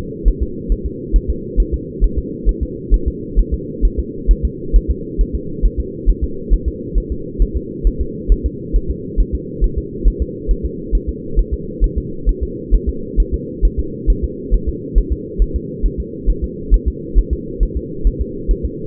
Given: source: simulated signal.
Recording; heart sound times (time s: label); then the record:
fetal heart sounds
0.28 s: S1
0.42 s: S2
0.72 s: S1
0.86 s: S2
1.16 s: S1
1.30 s: S2
1.60 s: S1
1.74 s: S2
2.04 s: S1
2.19 s: S2
2.49 s: S1
2.63 s: S2
2.94 s: S1
3.08 s: S2
3.39 s: S1
3.54 s: S2
3.85 s: S1
3.99 s: S2
4.31 s: S1
4.45 s: S2
4.76 s: S1
4.91 s: S2
5.21 s: S1
5.35 s: S2
5.65 s: S1
5.80 s: S2
6.09 s: S1
6.24 s: S2
6.53 s: S1
6.68 s: S2
6.98 s: S1
7.12 s: S2
7.42 s: S1
7.56 s: S2
7.87 s: S1
8.01 s: S2
8.32 s: S1
8.46 s: S2
8.76 s: S1
8.91 s: S2
9.20 s: S1
9.35 s: S2
9.64 s: S1
9.78 s: S2
10.08 s: S1
10.22 s: S2
10.51 s: S1
10.65 s: S2
10.95 s: S1
11.09 s: S2
11.39 s: S1
11.53 s: S2
11.84 s: S1
11.98 s: S2
12.29 s: S1
12.43 s: S2
12.75 s: S1
12.89 s: S2
13.20 s: S1
13.34 s: S2
13.65 s: S1
13.80 s: S2
14.10 s: S1
14.24 s: S2
14.54 s: S1
14.69 s: S2
14.98 s: S1
15.12 s: S2
15.42 s: S1
15.56 s: S2
15.86 s: S1
16.00 s: S2
16.30 s: S1
16.44 s: S2
16.74 s: S1
16.88 s: S2
17.19 s: S1
17.33 s: S2
17.63 s: S1
17.77 s: S2
18.07 s: S1
18.21 s: S2
18.51 s: S1
18.65 s: S2
From the record:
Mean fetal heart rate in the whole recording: 135 bpm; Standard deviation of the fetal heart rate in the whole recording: 3 bpm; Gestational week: 36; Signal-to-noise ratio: -4.3 dB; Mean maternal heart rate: 72 bpm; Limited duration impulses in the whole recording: absent